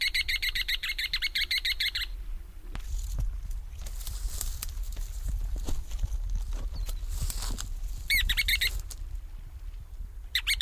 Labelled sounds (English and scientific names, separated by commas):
Ruddy Turnstone (Arenaria interpres) call